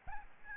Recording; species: mosquito wingbeat signal from an infrared sensor; Aedes albopictus